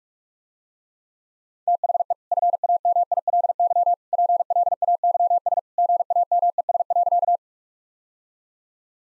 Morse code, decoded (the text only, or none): THE FAMILY PLAYS GAMES.